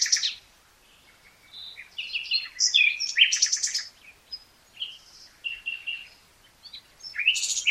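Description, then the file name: Common nightingale singing continuously, a varied stream of whistles, rattles and rapid repeated notes with only brief pauses. "Luscinia megarhynchos"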